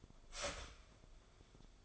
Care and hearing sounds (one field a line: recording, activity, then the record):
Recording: daily activity, microphone in the room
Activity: start toaster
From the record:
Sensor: 5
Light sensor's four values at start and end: 14/34/13/12 and 14/34/13/12